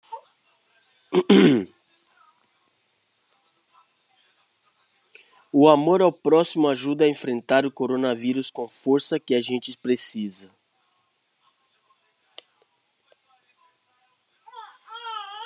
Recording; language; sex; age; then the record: spoken sentence; Brazilian Portuguese; male; 50 to 59 years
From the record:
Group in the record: control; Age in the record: 50 years